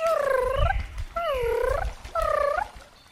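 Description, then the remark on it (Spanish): A voice imitates a little bird screaming, with three shrill, wavering squawks, each under a second long and separated by short pauses, loud and alone. “Entonces, el pajarito empezó a gritar.”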